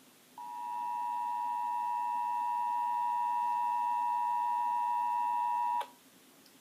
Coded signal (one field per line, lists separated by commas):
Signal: Emergency Alert System (SAME) tones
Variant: 853 and 960 Hz attention tone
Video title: DC EAS WTOP (Radio) Activation!!